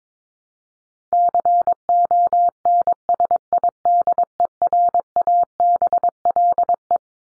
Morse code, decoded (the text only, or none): CONSIDERABLE